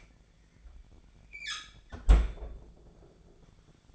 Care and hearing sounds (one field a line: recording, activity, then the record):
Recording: daily activity, microphone in the room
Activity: close fridge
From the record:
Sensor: 5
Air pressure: 1009.8 hPa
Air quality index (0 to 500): 161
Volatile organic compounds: 4 ppm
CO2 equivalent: 1563 ppm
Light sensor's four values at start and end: 121/309/129/138 and 119/306/127/136